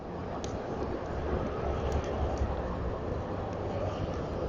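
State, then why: Not seated. A plastic wiring plug is pushed into its connector housing on a Razor Quad500 kids' electric ATV, over a steady broadband rumble with a brief faint tap near 0.4 s. The plug does not click into place because it is turned around backwards, so nothing has seated or clicked yet.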